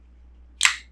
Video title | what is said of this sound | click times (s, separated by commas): Shellwe Makeup Stray Birds Collection - Exciting Indie Makeup Release | The magnets, you can kind of hear the satisfying click. | 0.7 s